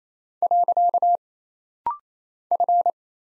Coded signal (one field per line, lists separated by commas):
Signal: Morse code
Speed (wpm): 27 wpm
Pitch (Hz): 700 Hz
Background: none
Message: . F